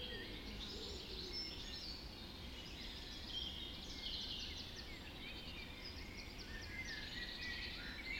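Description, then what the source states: Birds in a dawn chorus, overlapping warbles and rapid chirps with clear whistled notes, set against an even low-frequency rumble. Dawn chorus recorded just after dawn in the Forest of Dean.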